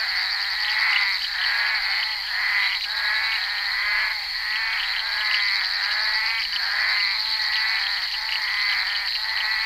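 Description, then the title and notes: Chorus of bullfrogs, pulsed croaks in overlapping waves, with a high continuous buzz behind them. Recorded on the set of the film Bal poussière by Henri Duparc, February 1988. "crapaux buffle. enregistré sur le tournage Bal poussière dhenri duparc en février 1988"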